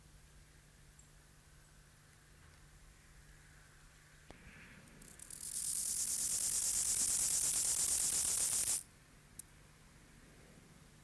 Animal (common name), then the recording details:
Rufous Grasshopper. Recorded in the wild. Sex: male. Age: imago. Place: Treuchtlingen, Naturpark Altmühltal, Bayern, DE. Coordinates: 48.96, 10.91. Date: 1993-09-06 12:26. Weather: 16°C, sonnig. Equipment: Marantz CP 430, Sennheiser MKH 416 T, Kopie Uher Variocord 263. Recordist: Tembrock, Günter